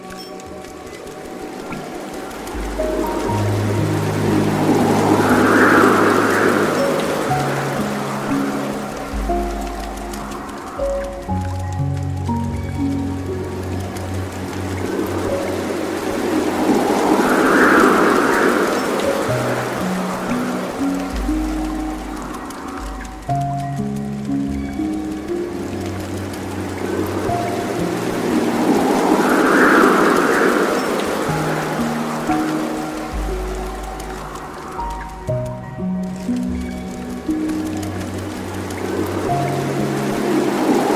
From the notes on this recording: calm wind and rain on grass, tender piano melodies